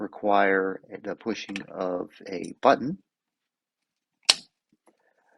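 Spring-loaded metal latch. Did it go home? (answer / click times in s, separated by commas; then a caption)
yes / 4.3 s. Someone talks, then a button on a 45-degree offset aluminum flip-up iron sight is pressed and the spring-loaded sight leaf pops up into its locked upright position on the base with a sharp snap at 4.3 s. A faint tick follows just after, and the sight is seated and locked in place.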